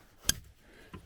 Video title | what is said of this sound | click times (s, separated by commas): Updated Ford Remote Start W/ Security System Install For Many Makes and Models KN1Z-19A361-A | You want to hear the click. | 0.3 s